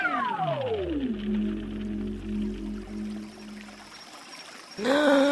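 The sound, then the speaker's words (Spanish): Water pours and gushes in a steady rushing hiss as it is used to put out a forest fire, opening with a tone that slides downward in pitch and ending abruptly as a brighter, louder sound cuts in. “¡Agua! ¡Agua! ¡Necesitamos agua!”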